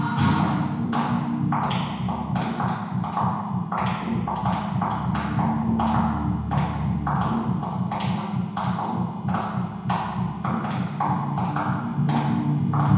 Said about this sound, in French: Les portes claquent.